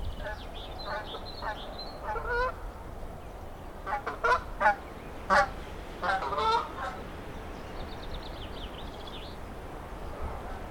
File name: Canadageese